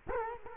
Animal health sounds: mosquito wingbeat signal from an infrared sensor; Culex quinquefasciatus

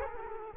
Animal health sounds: mosquito wingbeat signal from an infrared sensor; Culex quinquefasciatus

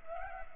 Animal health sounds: mosquito wingbeat signal from an infrared sensor; Culex pipiens

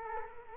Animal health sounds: mosquito wingbeat signal from an infrared sensor; Culex quinquefasciatus

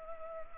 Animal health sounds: mosquito wingbeat signal from an infrared sensor; Culex pipiens

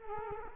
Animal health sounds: mosquito wingbeat signal from an infrared sensor; Culex quinquefasciatus

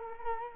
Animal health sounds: mosquito wingbeat signal from an infrared sensor; Culex quinquefasciatus

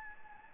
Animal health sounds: mosquito wingbeat signal from an infrared sensor; Anopheles gambiae

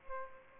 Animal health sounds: mosquito wingbeat signal from an infrared sensor; Aedes aegypti

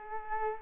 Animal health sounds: mosquito wingbeat signal from an infrared sensor; Culex quinquefasciatus

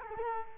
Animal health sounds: mosquito wingbeat signal from an infrared sensor; Culex quinquefasciatus

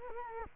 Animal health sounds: mosquito wingbeat signal from an infrared sensor; Culex quinquefasciatus

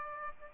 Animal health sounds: mosquito wingbeat signal from an infrared sensor; Aedes aegypti

